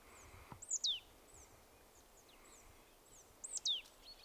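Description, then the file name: Marsh tit giving two quick, high, downward-sweeping call notes about three seconds apart, with faint bird chirps and soft background noise. "Poecile palustris"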